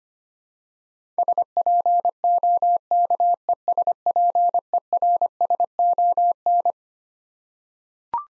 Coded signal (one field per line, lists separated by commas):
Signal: Morse code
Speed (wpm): 25 wpm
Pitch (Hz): 700 Hz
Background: none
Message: SPOKESPERSON